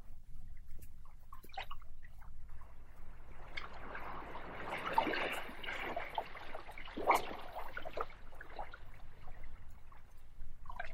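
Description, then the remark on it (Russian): Calm sea water laps and sloshes against the hulls of ships at night in soft, irregular splashes over a low steady rumble, with a few brighter slaps standing out midway. No voices are heard. “Она дышала влажным соленым ароматом и ласково звучала, плескаясь о борта судов, а берег чуть-чуть покачивая лодку”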